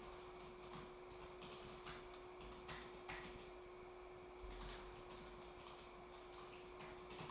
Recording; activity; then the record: daily activity, microphone in the room; typing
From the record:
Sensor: 1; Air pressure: 1004.5 hPa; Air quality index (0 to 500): 196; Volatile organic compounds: 17 ppm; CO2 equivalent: 2592 ppm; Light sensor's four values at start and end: 4/11/4/4 and 4/11/4/4